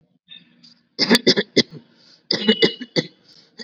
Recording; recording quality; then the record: shallow voluntary cough; excellent, no background noise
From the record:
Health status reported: COVID-19 positive, no symptoms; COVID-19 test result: positive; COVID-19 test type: RT-PCR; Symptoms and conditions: sore throat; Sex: male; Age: 18 years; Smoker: no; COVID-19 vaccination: one dose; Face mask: worn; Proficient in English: no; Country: India